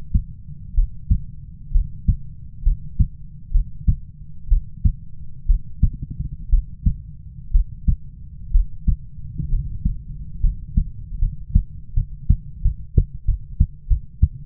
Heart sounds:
heart sounds by stethoscope; 69 bpm
0.74 s: heartbeat
1.72 s: heartbeat
2.63 s: heartbeat
3.51 s: heartbeat
4.48 s: heartbeat
5.46 s: heartbeat
6.49 s: heartbeat
7.51 s: heartbeat
8.51 s: heartbeat
9.49 s: heartbeat
10.41 s: heartbeat
11.19 s: heartbeat
11.94 s: heartbeat
12.62 s: heartbeat
13.25 s: heartbeat
13.88 s: heartbeat
From the record:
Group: healthy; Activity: breath hold 0-8 s, rest 8-14 s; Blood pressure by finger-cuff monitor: 96/61 mmHg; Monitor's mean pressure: 75 mmHg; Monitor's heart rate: 62 bpm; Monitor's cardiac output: 6 L/min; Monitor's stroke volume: 95 mL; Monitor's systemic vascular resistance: 910 dyn s/cm5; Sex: female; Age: 22 years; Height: 157 cm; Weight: 47.6 kg

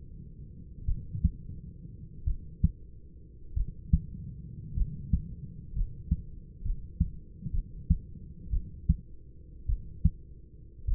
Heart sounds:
heart sounds by stethoscope; 54 bpm
0.86 s: heartbeat
2.25 s: heartbeat
3.54 s: heartbeat
4.75 s: heartbeat
5.74 s: heartbeat
6.63 s: heartbeat
7.52 s: heartbeat
8.51 s: heartbeat
9.67 s: heartbeat
10.86 s: heartbeat
From the record:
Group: healthy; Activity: Valsalva maneuver 0-3 s, rest 3-11 s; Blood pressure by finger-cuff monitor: 151/62 mmHg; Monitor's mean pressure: 91 mmHg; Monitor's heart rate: 51 bpm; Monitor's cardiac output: 6.3 L/min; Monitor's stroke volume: 111 mL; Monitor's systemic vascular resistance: 1080 dyn s/cm5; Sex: male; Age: 25 years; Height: 170 cm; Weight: 70.4 kg

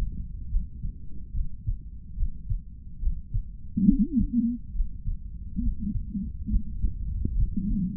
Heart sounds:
heart sounds by stethoscope; 70 bpm
0.48 s: heartbeat
1.32 s: heartbeat
2.15 s: heartbeat
2.99 s: heartbeat
3.85 s: heartbeat
4.72 s: heartbeat
5.60 s: heartbeat
6.48 s: heartbeat
7.35 s: heartbeat
From the record:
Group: healthy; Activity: Valsalva maneuver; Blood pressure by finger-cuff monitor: 91/79 mmHg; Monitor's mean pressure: 82 mmHg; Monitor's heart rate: 71 bpm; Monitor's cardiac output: 3.4 L/min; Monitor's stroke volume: 48 mL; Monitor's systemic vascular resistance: 1700 dyn s/cm5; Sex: male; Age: 55 years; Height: 167 cm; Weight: 57.2 kg

